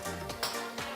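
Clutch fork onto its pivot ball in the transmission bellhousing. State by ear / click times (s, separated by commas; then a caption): not seated / none. A metal clutch fork is handled on its pivot ball in the transmission bellhousing of a Subaru STI before the transmission goes in, with music playing throughout. Two brief handling sounds stand out at about 0.4 and 0.8 seconds. The fork has not clicked onto its pivot yet, so nothing has seated.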